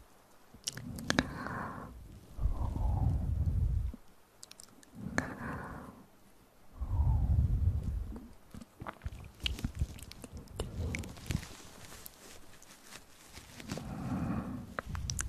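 Up-close mouth sounds: soft breathy whispers with no clear words come in bursts roughly every two seconds, low and muffled. Between them, sharp wet clicks, smacks and crunchy chewing-like ticks scatter irregularly, denser after the ninth second.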